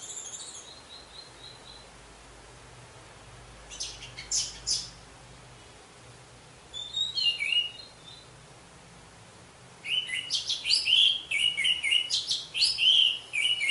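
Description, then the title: Orange-headed thrush song, separate bursts of high, varied chirping and twittering phrases, with a longer, louder run of rich notes near the end. "Anis Merah"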